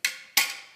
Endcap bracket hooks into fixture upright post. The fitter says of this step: listen for the click